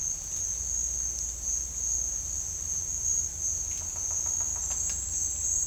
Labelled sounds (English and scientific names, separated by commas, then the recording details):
none
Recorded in dense forest near Puerto Asís, Putumayo, Colombia, on 18 December 2024 at 09:30
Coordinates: 0.481, -76.323
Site G100